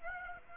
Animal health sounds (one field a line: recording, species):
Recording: mosquito wingbeat signal from an infrared sensor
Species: Aedes aegypti